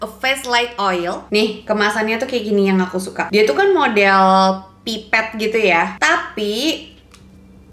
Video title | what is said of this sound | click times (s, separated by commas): 7 CUSHION FOUNDATION SAWO MATANG FAVORITKU + UPDATE KULIT USIA 33 😱 | nggak ngunci gitu loh | none